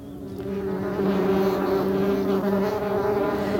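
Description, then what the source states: Wasps and bumblebees: dense, unbroken insect buzz, a low motor-like hum that rises in loudness after the first second and then holds steady. Wasps and bumblebees at a hole in a meadow, possibly a mole tunnel; phone recording; the sound likened to a motocross race.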